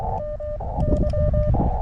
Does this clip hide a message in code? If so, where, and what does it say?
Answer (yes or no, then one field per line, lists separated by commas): yes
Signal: Morse code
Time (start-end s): 0.2-1.5 s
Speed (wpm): 23 wpm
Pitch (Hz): 600 Hz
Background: none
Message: MY